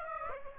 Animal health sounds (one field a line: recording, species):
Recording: mosquito wingbeat signal from an infrared sensor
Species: Aedes aegypti